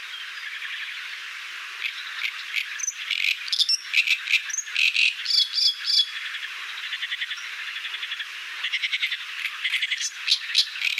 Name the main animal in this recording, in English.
Great Reed Warbler